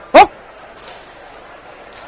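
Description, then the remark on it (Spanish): A person lets out a single short, sharp bark imitating a dog, loud and abrupt, followed by a low hiss of background noise. “Trate de practicar un ladrido un poco más convincente y vuelva, que si lo hace está contratado.”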